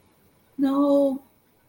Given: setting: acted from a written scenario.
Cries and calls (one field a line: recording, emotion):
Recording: vocal sound without words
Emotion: distress